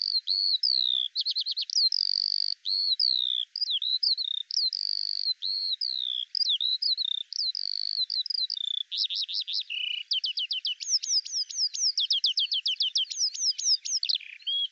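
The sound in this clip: Eurasian skylark song: sustained high warbling of varied chirps and trills, turning into a fast series of sharp, rising notes near the end.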